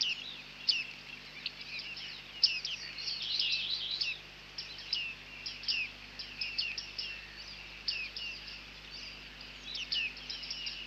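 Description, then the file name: Bearded reedling calls, repeated high chirps and pinging notes with brief twittering runs, steady throughout over a faint low hum. "Bearded Tit (Panurus biarmicus)"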